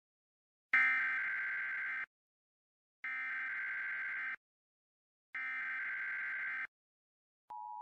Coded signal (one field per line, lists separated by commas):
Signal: Emergency Alert System (SAME) tones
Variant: header bursts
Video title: EAS Scenario: The Rabid Dogs of Detroit!